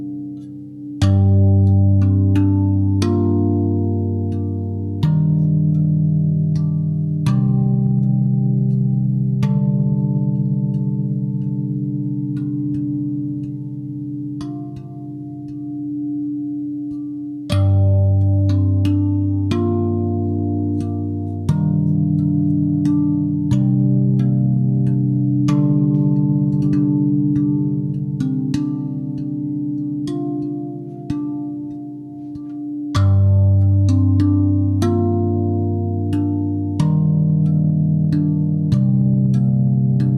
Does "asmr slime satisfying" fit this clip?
no